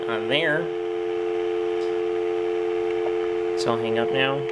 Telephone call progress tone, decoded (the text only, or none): dial tone